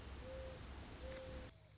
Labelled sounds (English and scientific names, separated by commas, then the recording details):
Mourning Dove (Zenaida macroura)
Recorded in Sonoma County, California